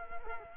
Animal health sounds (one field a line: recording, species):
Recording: mosquito wingbeat signal from an infrared sensor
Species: Culex quinquefasciatus